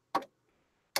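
A plastic clamp lever is flipped shut over a pen in the carriage of a Cricut cutting machine. Sharp snaps are heard at 0.2 s and 1.0 s, with quiet between them. The lever closes and the pen is seated good and tight.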